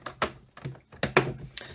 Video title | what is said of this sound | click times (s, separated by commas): Gotham City Guardian by Spin Master | Clicks right in, and you use these two buttons here, | 1.0 s, 1.2 s